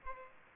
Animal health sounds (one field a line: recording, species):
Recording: mosquito wingbeat signal from an infrared sensor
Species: Aedes aegypti